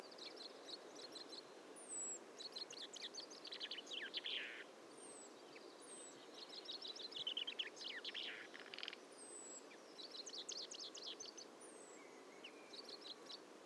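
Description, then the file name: Common chaffinch song, a fast descending rattle of notes ending in a flourish, repeated several times among other birds' thin high whistles and steady background hiss. "Fringilla coelebs"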